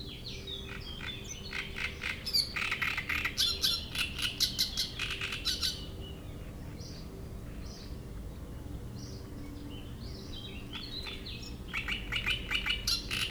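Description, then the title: Great reed warbler song: rasping, chattering phrases of repeated harsh notes, a quieter stretch of softer scattered calls, then the grating song resumes near the end. Reed bed at Chatillon beach, Chindrieux, France; harsh, strident song; a migrant that comes from Africa and can sing day and night. "Roselière plage Chatillon, Chindrieux, France - Rousserole turdoïde"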